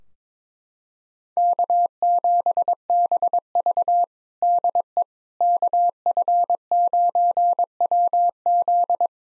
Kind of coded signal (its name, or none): Morse code